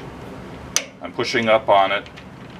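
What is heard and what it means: A steel jaw is handled at a 3-jaw chuck on a metal lathe, pushed up while the chuck key is turned to bring it into the scroll. A brief sharp tick sounds at 0.8 s and someone talks. Nothing has seated or clicked into the scroll yet.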